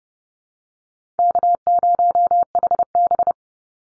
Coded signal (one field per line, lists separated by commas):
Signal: Morse code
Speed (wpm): 30 wpm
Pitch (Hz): 700 Hz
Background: none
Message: K0HB